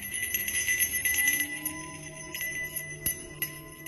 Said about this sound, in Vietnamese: Nó vươn tay cầm lấy, giơ lên ngắm nghía một hồi. Âm thanh leng ca leng keng vang lên, làm cho nó thích thú.